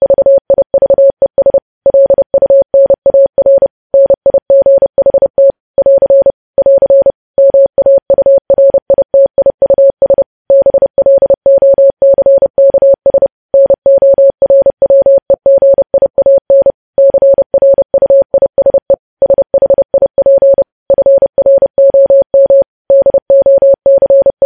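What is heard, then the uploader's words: Morse code is sent as a steady single tone near 600 hertz, keyed on and off in a rapid, unbroken stream of short dots and longer dashes. Brief gaps separate the letters and words throughout. The tone is clean, with no background sound. Morse code transcription.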